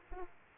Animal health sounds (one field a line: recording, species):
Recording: mosquito wingbeat signal from an infrared sensor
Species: Aedes aegypti